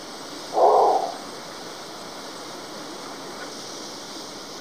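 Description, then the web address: Long-wattled umbrellabird giving one brief, muffled low booming note near the start over a steady background hiss. "Long wattled umbrellabird. صدای-پرنده-چتر-مرغ-غبغب-دراز"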